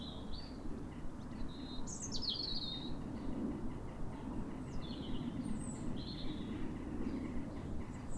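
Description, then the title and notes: European robin song: sweet high warbled phrases, quick twittering notes with brief pauses between, set against a constant low rumble. Pair of robins in neighbouring gardens singing in duet at a clear, calm New Year sunrise in winter after weeks of rain, welcoming the early sun. "A pair of robins in neighbouring gardens welcome the early sun with wistful phrases"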